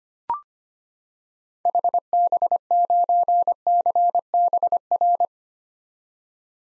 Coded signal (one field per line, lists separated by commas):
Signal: Morse code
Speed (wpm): 25 wpm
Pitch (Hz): 700 Hz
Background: none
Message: HB9CBR